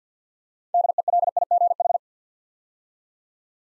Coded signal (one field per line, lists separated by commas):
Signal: Morse code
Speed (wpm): 50 wpm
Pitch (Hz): 700 Hz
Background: none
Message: DELIGH